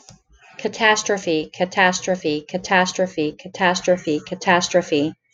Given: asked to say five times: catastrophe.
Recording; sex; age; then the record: repeated word; female; 40 to 49 years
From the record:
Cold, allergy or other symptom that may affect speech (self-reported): no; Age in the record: 47 years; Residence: Indiana, United States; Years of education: 16